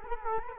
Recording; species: mosquito wingbeat signal from an infrared sensor; Culex quinquefasciatus